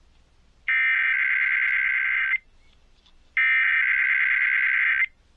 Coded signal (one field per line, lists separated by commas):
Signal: Emergency Alert System (SAME) tones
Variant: header bursts